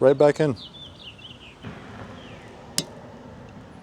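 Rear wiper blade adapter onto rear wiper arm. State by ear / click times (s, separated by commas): seated / 2.8 s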